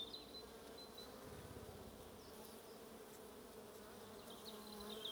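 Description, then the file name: Bee: constant low humming drone of bees, with only faint thin bird notes at the start and end. "buzzing bees"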